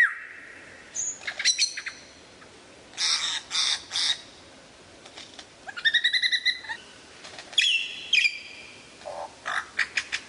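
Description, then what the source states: Lyrebird song: harsh rasping bursts alternate with clear harmonic whistles and chattering notes in an irregular sequence. Song variations.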